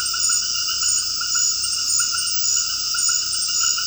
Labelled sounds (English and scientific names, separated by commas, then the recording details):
none
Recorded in dense forest near Puerto Asís, Putumayo, Colombia, on 19 February 2024 at 21:00
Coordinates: 0.481, -76.318
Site G6421